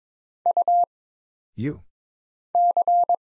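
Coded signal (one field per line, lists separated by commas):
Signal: Morse code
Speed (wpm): 22 wpm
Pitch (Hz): 700 Hz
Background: none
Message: U C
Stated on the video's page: Morse practice at 22 wpm of single letters, numbers, punctuation and prosigns with short timing for instant character recognition.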